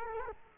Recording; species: mosquito wingbeat signal from an infrared sensor; Culex quinquefasciatus